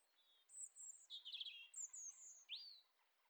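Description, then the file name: European robin singing very high, thin drawn-out whistles alternating with a lower warbled trill and a final rising slur. "Erithacus rubecula"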